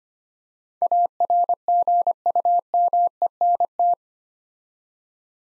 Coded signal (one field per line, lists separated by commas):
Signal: Morse code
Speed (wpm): 25 wpm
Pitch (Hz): 700 Hz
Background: none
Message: ARGUMENT